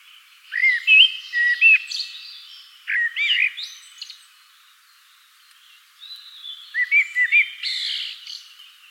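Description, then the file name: Common blackbird song in three bursts of loud mellow whistles sliding up and down, tailed by high chattering twitters. "Turdus merula"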